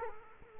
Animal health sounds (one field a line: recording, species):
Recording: mosquito wingbeat signal from an infrared sensor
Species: Culex quinquefasciatus